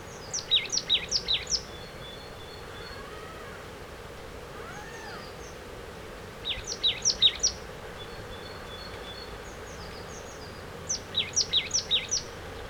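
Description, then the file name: Marsh tit repeating three bursts of rapid, high, sharp down-slurred notes, with faint thin whistles between bursts. "Poecile palustris"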